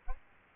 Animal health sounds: mosquito wingbeat signal from an infrared sensor; Aedes albopictus

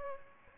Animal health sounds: mosquito wingbeat signal from an infrared sensor; Aedes aegypti

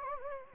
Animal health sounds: mosquito wingbeat signal from an infrared sensor; Anopheles gambiae

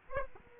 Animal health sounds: mosquito wingbeat signal from an infrared sensor; Aedes aegypti

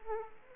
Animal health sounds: mosquito wingbeat signal from an infrared sensor; Anopheles arabiensis

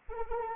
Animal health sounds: mosquito wingbeat signal from an infrared sensor; Anopheles arabiensis

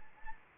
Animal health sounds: mosquito wingbeat signal from an infrared sensor; Anopheles gambiae

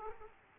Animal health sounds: mosquito wingbeat signal from an infrared sensor; Aedes aegypti

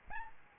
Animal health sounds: mosquito wingbeat signal from an infrared sensor; Aedes albopictus

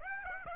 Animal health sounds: mosquito wingbeat signal from an infrared sensor; Aedes aegypti

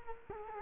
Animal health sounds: mosquito wingbeat signal from an infrared sensor; Culex quinquefasciatus

